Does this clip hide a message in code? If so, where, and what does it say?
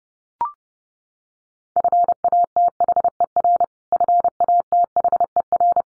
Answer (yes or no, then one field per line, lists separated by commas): yes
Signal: Morse code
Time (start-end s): 1.8-5.8 s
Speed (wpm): 30 wpm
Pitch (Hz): 700 Hz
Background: none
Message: FATHER FATHER